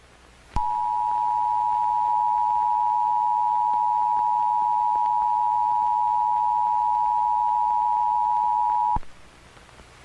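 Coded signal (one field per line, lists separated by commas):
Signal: Emergency Alert System (SAME) tones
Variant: 853 and 960 Hz attention tone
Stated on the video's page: Fictional EAS scenario; simulated alert.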